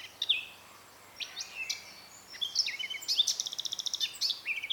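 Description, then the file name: Eurasian blackcap singing in short bursts, starting with scattered chirps and scratchy notes, then building into a quick run of repeated high notes and warbled phrases. "Sylvia atricapilla"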